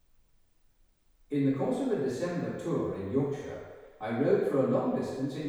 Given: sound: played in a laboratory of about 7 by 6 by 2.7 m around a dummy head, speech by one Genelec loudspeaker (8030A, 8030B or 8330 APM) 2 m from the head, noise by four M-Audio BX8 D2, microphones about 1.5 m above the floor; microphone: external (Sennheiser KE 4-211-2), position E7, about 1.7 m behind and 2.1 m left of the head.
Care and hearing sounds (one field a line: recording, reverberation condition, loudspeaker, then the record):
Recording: male speech in English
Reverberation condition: high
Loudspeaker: 150 degrees to the right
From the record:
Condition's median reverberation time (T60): about 1300 ms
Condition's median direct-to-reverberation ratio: about -4.0 dB